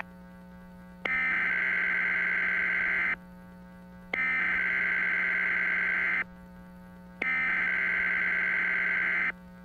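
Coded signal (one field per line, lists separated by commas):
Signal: Emergency Alert System (SAME) tones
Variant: header bursts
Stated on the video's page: Fictional EAS scenario portraying the film's events, with alerts modeled on 2004-era products.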